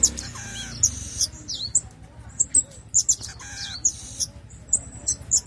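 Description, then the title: Red-throated parrotfinch calls: high, piercing chirps and brief twittering notes at irregular intervals over a low, humming background. "Erythrura Psittacea"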